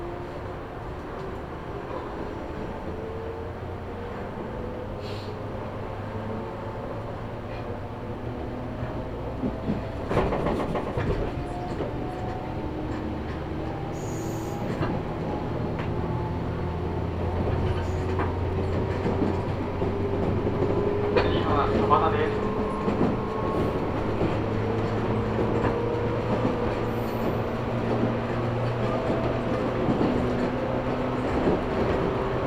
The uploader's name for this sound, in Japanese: 鹿児島本線・筑豊本線 九州工大前→折尾→本城